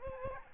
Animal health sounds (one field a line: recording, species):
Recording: mosquito wingbeat signal from an infrared sensor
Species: Aedes albopictus